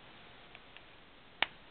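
A plastic back cover is laid over the battery compartment of an LG800G TracFone / Net 10 basic cell phone and pressed down. Two faint ticks are heard at about 0.6 and 0.8 seconds, then a sharp click at 1.4 seconds as the cover snaps into place. The cover went on easily and is seated.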